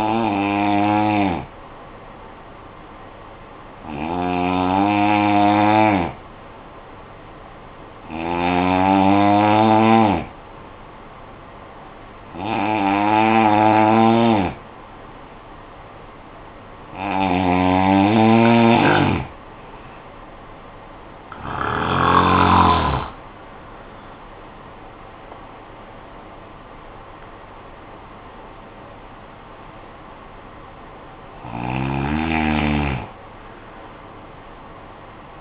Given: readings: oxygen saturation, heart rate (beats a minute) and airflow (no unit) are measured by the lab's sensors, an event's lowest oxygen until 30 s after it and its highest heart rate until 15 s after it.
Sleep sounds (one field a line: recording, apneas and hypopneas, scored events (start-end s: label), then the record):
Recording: breathing in sleep by a voice recorder at the bedside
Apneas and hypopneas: 1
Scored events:
6.00-22.50 s: hypopnea (N2, oxygen 92% highest, then 90% lowest, heart rate 55 at the start, 73 highest)
27.00-35.41 s: new sleep stage, N1 (lightest sleep)
From the record:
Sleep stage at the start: N2 (light sleep)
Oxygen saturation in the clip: 89 to 92%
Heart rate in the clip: 53 to 73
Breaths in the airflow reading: 9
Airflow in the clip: -11.7 to 11.5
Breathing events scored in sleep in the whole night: 445 in 7.6 hours asleep